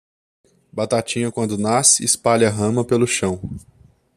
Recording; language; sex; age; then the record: short text; Brazilian Portuguese; male; 20 to 29 years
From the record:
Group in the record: control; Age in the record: 26 years